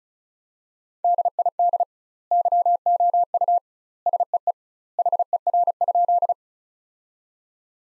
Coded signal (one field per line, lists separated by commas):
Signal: Morse code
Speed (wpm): 34 wpm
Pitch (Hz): 700 Hz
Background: none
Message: DID YOU SEE HER?